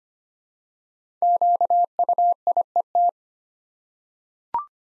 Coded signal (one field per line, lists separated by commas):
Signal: Morse code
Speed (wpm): 25 wpm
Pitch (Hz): 700 Hz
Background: none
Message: QUIET